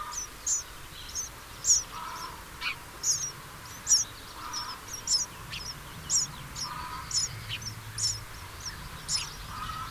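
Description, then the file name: House sparrow chirps, bright notes repeated unevenly throughout, over quiet steady background noise. "Passer domesticus"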